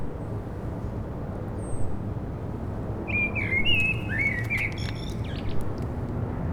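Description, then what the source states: Common blackbird song, one rich warbled phrase with high twittery additions midway, a thin high whistle early on, over low urban rumble. Several blackbirds singing after sunset on a mild day, eve of the winter solstice, on Rue Jacques Cartier, Aix-les-Bains, France, with urban traffic.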